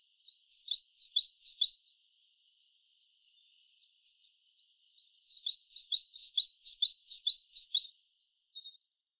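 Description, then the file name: Great tit calls: a loud burst of rapid high chirps, a string of faint ticks, then a longer, stronger chirping run ending in a thin whistle. "Parus major"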